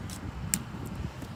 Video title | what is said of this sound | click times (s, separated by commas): How to replace windshield wiper blades 2012-2015 Honda Civic DIY video #honda #civic #wiperblades | then you go ahead, and once you get it slid, you'll hear it click, then push this down, and you've got them installed. | 0.5 s